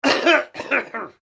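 Two short, rough voiced coughs with throat clearing from an 80-year-old man.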